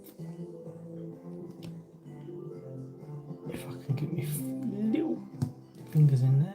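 A small plastic suspension part is pressed by hand into the chassis of a micro RC crawler while music plays and someone talks, with a couple of faint, brief taps along the way. Nothing has seated or clicked yet.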